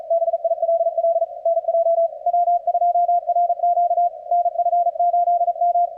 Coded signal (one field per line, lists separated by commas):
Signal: Morse code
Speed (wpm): 37 wpm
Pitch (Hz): 660 Hz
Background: none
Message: BILL NJ W2RQ NF8M